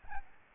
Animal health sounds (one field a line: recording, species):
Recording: mosquito wingbeat signal from an infrared sensor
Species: Aedes albopictus